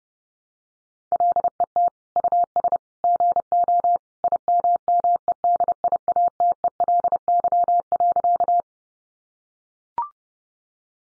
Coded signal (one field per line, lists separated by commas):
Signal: Morse code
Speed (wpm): 30 wpm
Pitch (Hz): 700 Hz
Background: none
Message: LET US GO IMMEDIATELY.